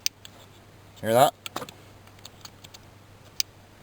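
A wiring harness plug on the throttle position sensor of a 4.7 liter Chrysler engine has its locking tab pressed and is tugged off, and the latch clicks free at 0.1 s, releasing the connector. Someone talks briefly afterward, and a few smaller clicks and taps follow, with another sharp click near the end.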